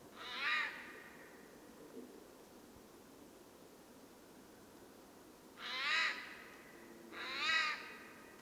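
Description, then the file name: Eurasian jay uttering three harsh, grating screeches, one early and two close together near the end, separated by a quiet pause. "Garrulus glandarius"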